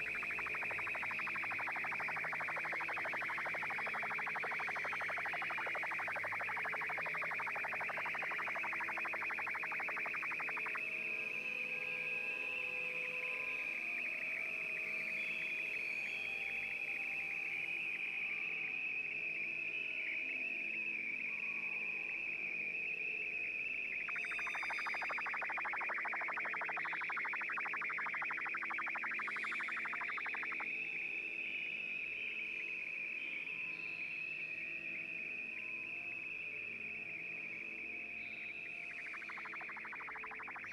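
A jungle soundscape filled with a dense, constant chorus of buzzing insects. The shrill drone keeps switching between a thick, wide swarm and a thinner, higher whine, changing roughly every ten seconds, while the overall loudness holds steady throughout.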